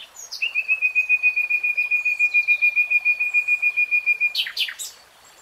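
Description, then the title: Nightingale song: a long, even series of rapid pulsed notes on one pitch, about four seconds, ending in sharp sweeping notes, over soft hiss. Nightingale singing, recorded in real time. "[Tiếng chim hót] 3 Hours REALTIME Nightingale Singing"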